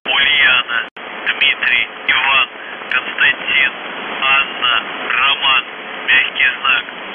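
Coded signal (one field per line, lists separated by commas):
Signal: coded military voice message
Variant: UVB-76, Russian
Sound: a male voice reading over noisy shortwave radio, no buzzing tone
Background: radio static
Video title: The Buzzer/UVB-76(4625Khz) December 2, 2021 17:08UTC Voice message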